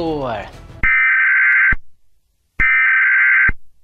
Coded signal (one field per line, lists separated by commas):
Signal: Emergency Alert System (SAME) tones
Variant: header bursts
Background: speech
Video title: Rating EVERY Country's EAS Alarm